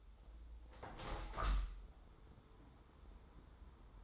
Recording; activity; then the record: daily activity, microphone in the room; open window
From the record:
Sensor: 3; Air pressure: 995.7 hPa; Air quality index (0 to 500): 95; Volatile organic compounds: 12 ppm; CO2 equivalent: 2370 ppm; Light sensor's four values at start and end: 27/82/34/30 and 28/83/35/30